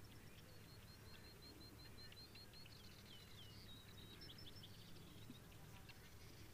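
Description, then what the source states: Brewer's sparrow song: a steady series of repeated high chips shifting into varied trills and slurred notes, over low background noise. Recorded in Sierra Valley in 2009.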